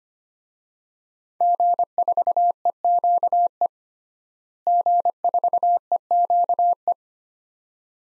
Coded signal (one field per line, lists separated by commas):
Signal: Morse code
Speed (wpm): 25 wpm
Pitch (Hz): 700 Hz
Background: none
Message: G4EQE G4EQE